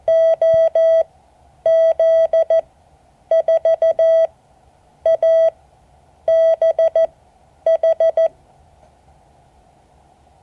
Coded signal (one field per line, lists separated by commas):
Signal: Morse code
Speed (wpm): 14 wpm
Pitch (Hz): 650 Hz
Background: none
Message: OZ4ABH